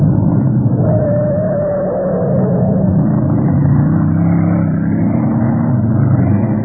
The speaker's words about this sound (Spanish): Calimán oprimió el acelerador hasta el fondo y una sonrisa de triunfo iluminó su rostro de asombrosa belleza varonil.